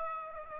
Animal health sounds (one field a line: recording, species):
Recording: mosquito wingbeat signal from an infrared sensor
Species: Aedes aegypti